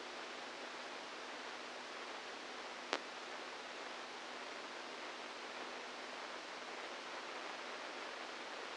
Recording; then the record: brain microelectrode recording played as sound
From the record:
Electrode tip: outside the subthalamic nucleus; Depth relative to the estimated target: -4 mm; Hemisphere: right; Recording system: NeuroSet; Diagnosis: Parkinson's disease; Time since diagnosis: 8 years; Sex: male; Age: 46 years